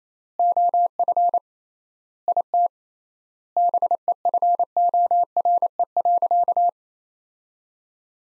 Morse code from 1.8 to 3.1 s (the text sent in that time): IT